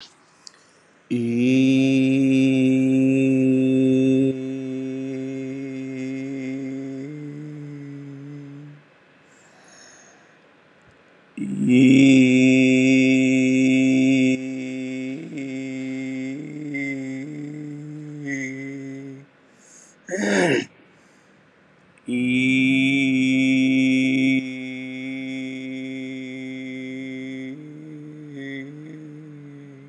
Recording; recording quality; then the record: sustained vowel as in beet; excellent, no background noise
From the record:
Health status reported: COVID-19 positive, moderate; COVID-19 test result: positive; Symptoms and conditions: cough, cold, fever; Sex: male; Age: 44 years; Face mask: worn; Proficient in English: yes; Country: India